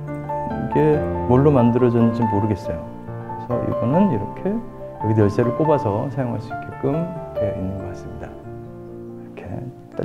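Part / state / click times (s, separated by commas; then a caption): keychain clasp hooking onto a key ring / seated / 10.0 s. A lightweight keychain clasp meant for attaching a key is closed onto a key ring while someone talks over background music. A short click is heard at 9.9 s and 10.0 s, as the clasp clicks shut and seats.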